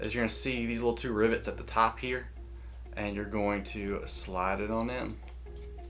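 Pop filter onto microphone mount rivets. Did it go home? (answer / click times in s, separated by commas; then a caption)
no / none. Someone talks while a heavy-duty metal Tonor pop filter is being slid onto the two small rivets at the top of the mount of a TONOR TC30 USB condenser microphone. Only speech over a steady low hum is heard, and nothing has seated or clicked into place yet.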